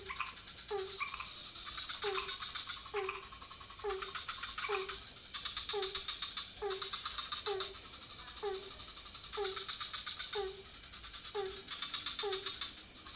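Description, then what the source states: Frogs: night frog chorus of brief croaks at a steady pace, with repeated rattling click bursts and an unbroken high-pitched drone. Several frog species calling at night in a pond near a hotel in Ubud, Bali, Indonesia; recorded on Sony PCM D50 with Rode NT4 microphone on boompole.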